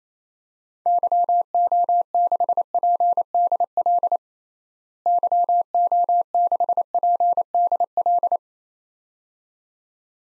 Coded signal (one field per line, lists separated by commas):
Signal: Morse code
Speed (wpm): 27 wpm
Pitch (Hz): 700 Hz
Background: none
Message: YO6PDL YO6PDL